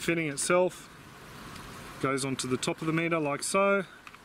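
Someone talks while handling the probe fitting, bringing it onto the top of a Bluelab handheld pH meter. Two faint sharp ticks sound near the end, at about 4.1 s. The fitting has not yet locked or seated when the clip ends.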